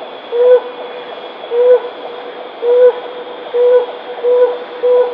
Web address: helmetted hornbill call